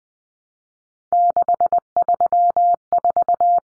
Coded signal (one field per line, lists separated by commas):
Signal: Morse code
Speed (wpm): 20 wpm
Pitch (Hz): 700 Hz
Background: none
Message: 634